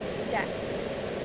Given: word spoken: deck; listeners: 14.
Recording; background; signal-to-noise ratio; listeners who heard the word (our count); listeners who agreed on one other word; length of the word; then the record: one English word in noise, from a listening test; speech-shaped noise; -4.9 dB; 2 of 14; 10 of 14; 0.85 s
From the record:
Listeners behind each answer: 10, 2, 1, 1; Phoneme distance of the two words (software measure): 17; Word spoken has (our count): 1 syllable, 3 phonemes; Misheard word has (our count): 1 syllable, 4 phonemes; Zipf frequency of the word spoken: 4.10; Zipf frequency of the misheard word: 4.16